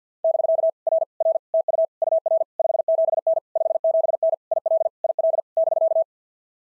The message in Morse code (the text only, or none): <BK> R R TU UR 57N 57N IL IL <BK>